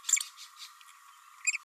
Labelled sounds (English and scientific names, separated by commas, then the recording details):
Green-rumped Parrotlet (Forpus passerinus) babbling
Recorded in a nest box in Venezuela
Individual 18B104A3